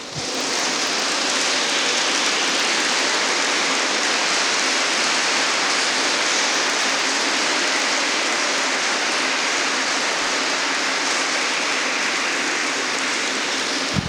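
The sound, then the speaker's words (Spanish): A church audience of families applauds together at a Holy Family Mass, a dense, steady wash of many hands clapping that holds at an even loudness for about fourteen seconds, with no voices rising above it. “Dense un aplauso como familia.”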